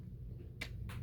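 During a transformation, a plastic leg piece of a transforming toy robot figure is pressed onto its knee hinge and seats with a sharp, bright click at 0.6 s. A softer, longer rustle follows at 0.9 s over a steady low hum.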